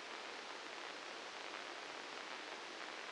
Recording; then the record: brain microelectrode recording played as sound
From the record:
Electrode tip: outside the subthalamic nucleus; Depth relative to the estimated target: -3 mm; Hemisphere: left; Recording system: NeuroSet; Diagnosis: Parkinson's disease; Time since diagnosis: 9 years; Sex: male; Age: 56 years